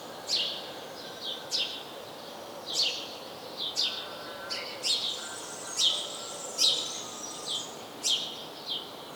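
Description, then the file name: House sparrow chirps, sharp high notes repeated throughout. "Passer domesticus"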